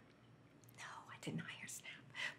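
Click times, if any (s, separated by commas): none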